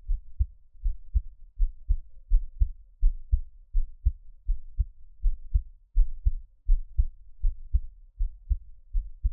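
Steady, deep lub-dub thumps at about 82 beats a minute, a regular adult heartbeat heard up close.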